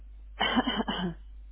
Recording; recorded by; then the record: voluntary cough; telephone call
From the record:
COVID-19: negative